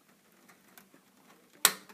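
A bare RAM module is pressed down with both thumbs into a two-clip motherboard DIMM slot. Faint ticks and handling sounds lead up to one sharp, loud click at 1.6 seconds as the stick seats. It is confirmed seated.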